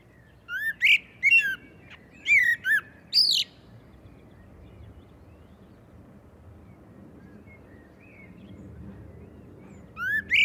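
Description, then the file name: Common blackbird giving short clusters of rising whistled notes with sharp high clicks, several in the first few seconds and one more at the end. "Turdus merula"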